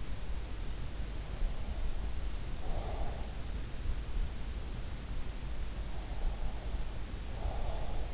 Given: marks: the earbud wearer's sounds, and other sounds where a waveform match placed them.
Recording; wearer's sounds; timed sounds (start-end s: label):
sounds in sleep by an in-ear microphone; breath
1.23-3.31 s: breath
6.05-8.14 s: breath